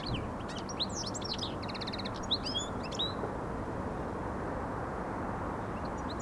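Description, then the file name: European goldfinch song: a lively burst of twittering and buzzy trilled notes for about three seconds, then mostly quiet over steady low background noise. "Carduelis carduelis"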